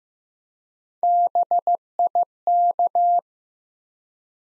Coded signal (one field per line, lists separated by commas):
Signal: Morse code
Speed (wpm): 15 wpm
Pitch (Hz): 700 Hz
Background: none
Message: BIK